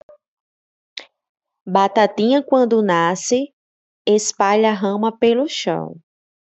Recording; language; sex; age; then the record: short text; Brazilian Portuguese; female; 30 to 39 years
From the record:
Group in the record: control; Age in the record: 30 years